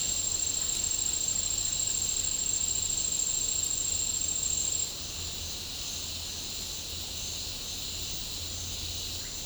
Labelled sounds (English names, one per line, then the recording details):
none
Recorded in pastures near Puerto Asís, Putumayo, Colombia, on 20 December 2024 at 09:00
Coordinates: 0.496, -76.326
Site G004